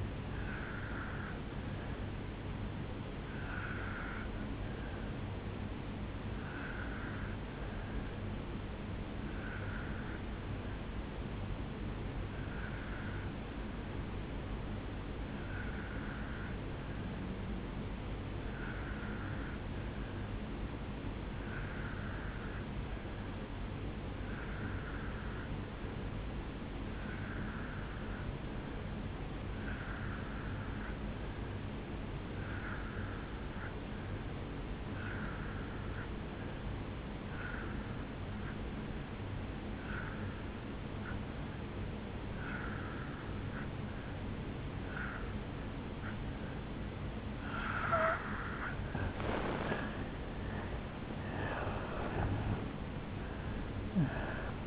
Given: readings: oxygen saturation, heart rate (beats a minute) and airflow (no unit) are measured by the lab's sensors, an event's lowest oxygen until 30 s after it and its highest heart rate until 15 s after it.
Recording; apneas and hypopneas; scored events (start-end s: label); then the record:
breathing in sleep by a voice recorder at the bedside; 1
5.00-49.50 s: obstructive apnea (N2, oxygen 97% highest, then 84% lowest, heart rate 58 at the start, 81 highest)
From the record:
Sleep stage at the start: N2 (light sleep); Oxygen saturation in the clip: 84 to 97%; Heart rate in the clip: 57 to 76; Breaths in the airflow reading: 3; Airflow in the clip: -11.7 to 7.8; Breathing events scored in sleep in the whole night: 449 in 7.0 hours asleep